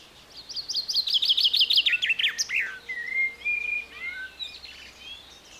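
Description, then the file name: Common chaffinch song: a rapid trill descending from high to mid pitch, ending in a sharp flourish, followed by several short clear whistled notes. "Fringilla coelebs"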